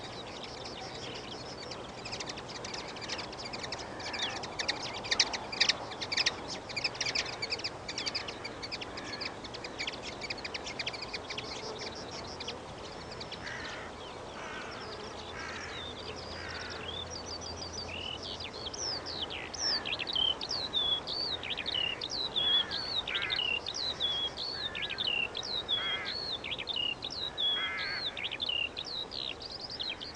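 A skylark sings a dense, rapid stream of bright chirps that thins to separate whistled notes after midway, over a steady windy hiss.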